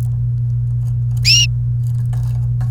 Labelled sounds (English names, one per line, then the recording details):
Domestic Canary song
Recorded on 29 April 2018 at 09:03
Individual llb3